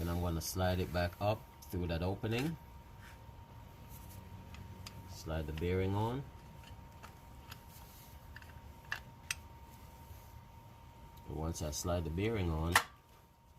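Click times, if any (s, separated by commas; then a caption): 8.9 s, 9.3 s. A metal clutch release (throw-out) bearing on a 2018 Subaru WRX is slid onto the release fork while someone talks, with quiet scraping and handling noises in between. Two sharp snaps ring out at 8.9 s and 9.3 s as the bearing clicks into its retaining clip and is seated on the fork.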